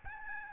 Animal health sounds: mosquito wingbeat signal from an infrared sensor; Aedes albopictus

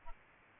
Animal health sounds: mosquito wingbeat signal from an infrared sensor; Aedes albopictus

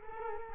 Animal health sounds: mosquito wingbeat signal from an infrared sensor; Culex quinquefasciatus

